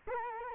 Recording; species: mosquito wingbeat signal from an infrared sensor; Culex quinquefasciatus